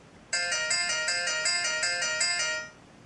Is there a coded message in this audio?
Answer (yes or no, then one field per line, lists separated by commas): no